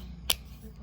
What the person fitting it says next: pagka nag-click na okay na siya